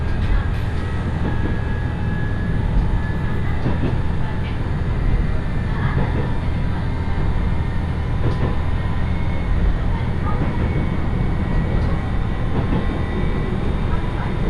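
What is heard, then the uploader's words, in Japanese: Inside a one-car rail bus, a steady low engine rumble runs throughout, with faint wheel clicks, a thin whine, and occasional passenger voices. 伊勢鉄道 四日市→津。四日市から河原田までの2駅はＪＲ区間に乗り入れ、あとは伊勢鉄道内を走ります。普通列車は１両のレールバスで数人程度の乗客ですが、土曜日ということもあり徐々に高校生が乗ってきたりと賑やかになってきます。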